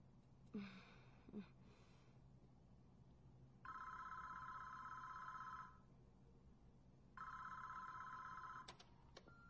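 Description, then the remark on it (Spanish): A telephone rings in two long electronic bursts, each about two seconds of steady, buzzing high-pitched trill separated by a pause, preceded by a couple of brief soft clicks or breaths. “Levanta el teléfono, querido.”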